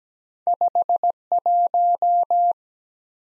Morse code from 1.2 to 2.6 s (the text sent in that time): 1